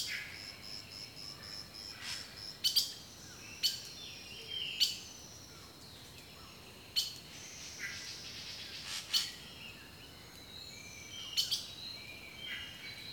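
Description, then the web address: Birds give bright clicking chips roughly every second or two, mixed with thin sliding whistles. Rainforest birdsong from a nature sounds collection. "The Natural Sounds of the Wilderness collection Echoes of Nature - Rainforest Birdsong"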